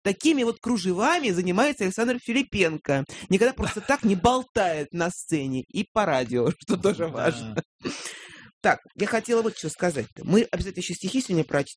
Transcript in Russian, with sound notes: Вот такими вот кружевами и занимается Александр Филиппенко. Никогда просто так не болтает на сцене и по радио, что тоже важно. (смеется) Так, я хотела вот что сказать: мы обязательно еще стихи сегодня прочтем.